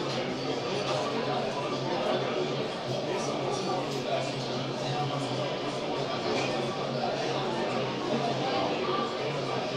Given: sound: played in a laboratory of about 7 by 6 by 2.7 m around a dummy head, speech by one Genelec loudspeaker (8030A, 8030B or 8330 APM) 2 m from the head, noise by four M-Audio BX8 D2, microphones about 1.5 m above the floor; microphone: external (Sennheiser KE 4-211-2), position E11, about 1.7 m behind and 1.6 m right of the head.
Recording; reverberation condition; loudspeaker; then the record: cafeteria noise; medium; four, about 170 cm from the corners of the room and facing them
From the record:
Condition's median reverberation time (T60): about 510 ms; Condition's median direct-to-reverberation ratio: about -0.5 dB